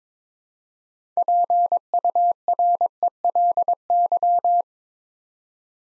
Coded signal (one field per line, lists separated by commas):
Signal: Morse code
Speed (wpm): 22 wpm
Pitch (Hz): 700 Hz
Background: none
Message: PURELY